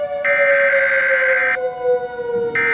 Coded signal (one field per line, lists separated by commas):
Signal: Emergency Alert System (SAME) tones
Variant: header bursts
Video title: The Gary Nightmare - EAS Mock